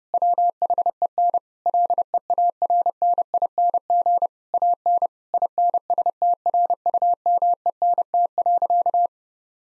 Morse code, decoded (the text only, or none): WHEN LEARNING AN INSTRUMENT.